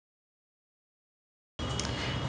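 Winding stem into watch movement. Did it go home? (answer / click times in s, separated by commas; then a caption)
no / none. A winding stem is pushed back into its hole in the small metal watch movement of a Jayco Bifora B-91. After silence until about 1.6 s, a steady low noise starts, with one brief sharp sound at 1.8 s. The stem goes in, but it has not locked into place.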